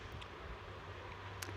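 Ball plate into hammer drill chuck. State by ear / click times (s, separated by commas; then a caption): seated / 1.4 s. A metal ball-retaining plate is pressed into the SDS bit-lock chuck of a hammer drill, where it fits in only one direction matching the ball cutouts. Over a steady low hum, a short sharp click at 1.4 s marks the plate seating home in its correct position, ready to lock once the ball is set.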